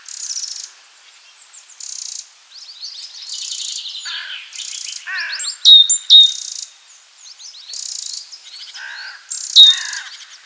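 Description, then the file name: Great tit calls: repeated buzzy, high scolding bursts alternating with sharp bright notes and short chirps. "Parus major"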